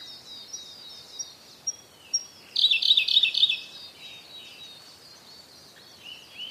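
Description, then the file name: Siberian blue robin singing: a few soft, high, thin notes lead into a loud rapid trill, then quiet with faint high chirps from other birds. "koruri"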